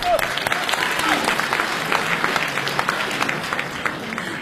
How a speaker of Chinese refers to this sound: 那接下来掌声有请来自于台北曲艺团的